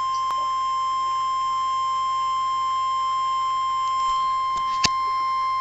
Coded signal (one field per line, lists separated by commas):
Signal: Emergency Alert System (SAME) tones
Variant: 1050 Hz attention tone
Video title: Real EAS #239 - Severe Thunderstorm Warning